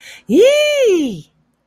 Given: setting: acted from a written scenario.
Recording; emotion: vocal sound without words; elation